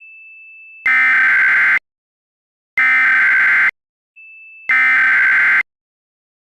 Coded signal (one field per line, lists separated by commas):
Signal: Emergency Alert System (SAME) tones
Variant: header bursts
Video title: EAS MOCK | Short status from WKSF-FM / Test of Bevelled scroll.